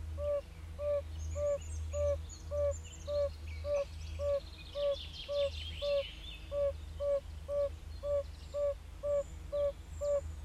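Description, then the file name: Yellow-bellied toad giving mellow, brief piping notes in an even series roughly every half second; birds chirp in the background over a constant low hum. "Gelbbauchunke"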